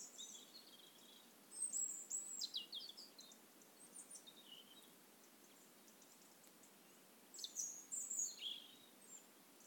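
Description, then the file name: European robin uttering several bursts of high, thin, varied notes, loudest near two and eight seconds, with quieter stretches of hiss between. "Erithacus rubecula"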